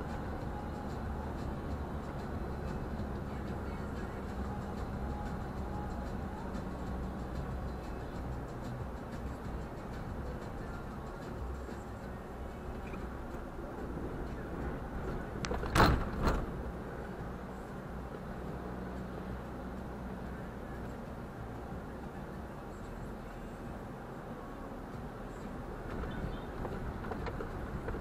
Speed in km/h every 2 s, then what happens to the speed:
55, 54, 47, 45, 39, 28, 24, 22, 24, 26, 24, 21, 17, 18.
0-13 slows to 22. 13-18 steady at about 24. 18-23 slows to 17.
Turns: none.